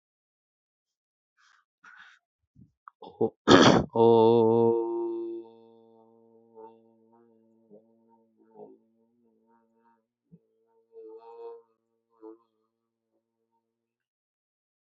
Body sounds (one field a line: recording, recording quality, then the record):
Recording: sustained vowel as in boot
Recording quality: moderate, slight background noise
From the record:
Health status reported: healthy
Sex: male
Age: 31 years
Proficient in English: yes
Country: India